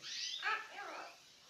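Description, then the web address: Australian king parrot giving harsh, harmonic calls that slide down in pitch, a few linked notes in under two seconds. "parrots alisterus-scarularis"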